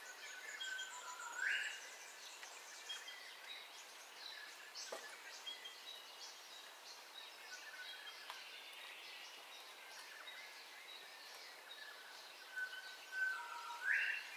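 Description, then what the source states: Birds: a dawn chorus of thin chirps and whistles, with a louder rising call near the start and again at the end. Dawn ambience of bird calls, recorded in stereo.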